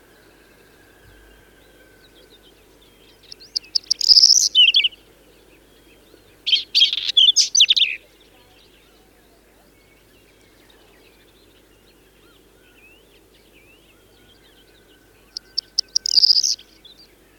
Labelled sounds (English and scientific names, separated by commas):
Whinchat (Saxicola rubetra) song